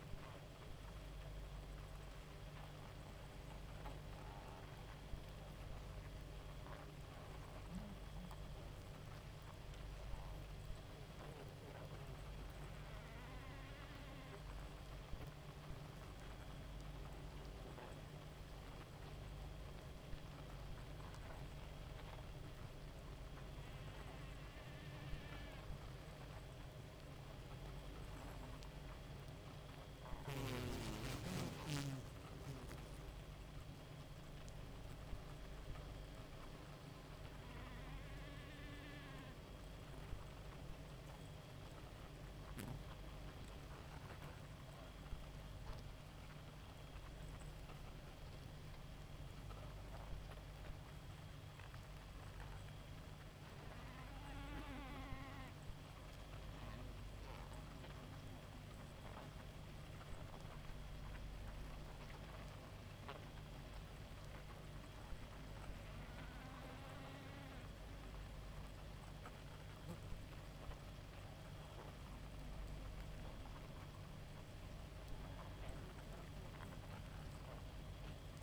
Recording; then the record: honeybee colony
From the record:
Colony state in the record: active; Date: 28 July 2017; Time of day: 0:10